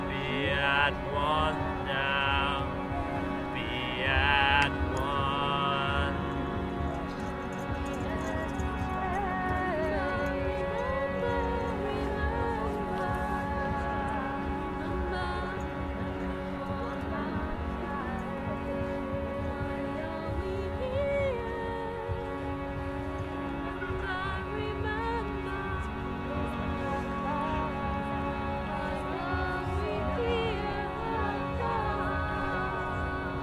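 A crowd gathers at Stonehenge for the solstice, a dense, steady mass of overlapping voices with wavering tones drifting through it. A few brief sharper sounds stand out in the first five seconds, then the murmur holds at a fairly even level to the end.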